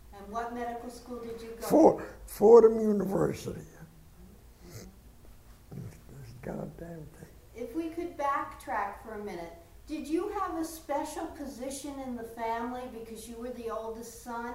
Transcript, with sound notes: And what medical school did you go to?
So, Fordham University. (pauses, mumbles: This goddamn thing)
If we could backtrack for a minute, did you have a special position in the family because you were the oldest son?